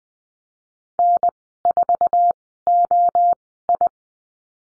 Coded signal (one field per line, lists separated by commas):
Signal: Morse code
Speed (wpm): 19 wpm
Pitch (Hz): 700 Hz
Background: none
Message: N4OI